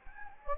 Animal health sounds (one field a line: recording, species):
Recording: mosquito wingbeat signal from an infrared sensor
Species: Anopheles gambiae